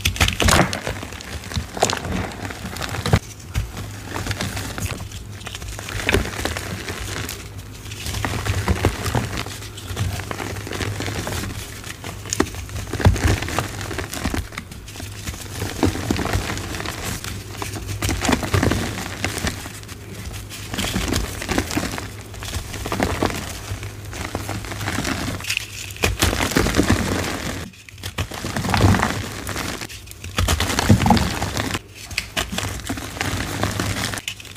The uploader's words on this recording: Powdery Soft Dusty Reformed Gym Chalk Edit Compilation. Soft crispy powdery reformed gym chalk crumbles and oddly satisfying asmr sounds.